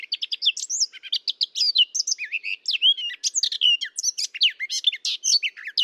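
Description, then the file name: Eurasian blackcap song: a dense, hurried warble mixing scratchy notes with clear whistled slurs, some rising and some falling, with no pauses. "Sylvia atricapilla"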